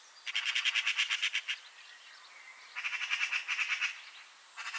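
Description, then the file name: Eurasian magpie giving dry, rattling chatter, two quick bursts of harsh notes separated by a short pause, with another starting at the close. "Pica pica"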